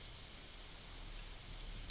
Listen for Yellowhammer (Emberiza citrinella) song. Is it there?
yes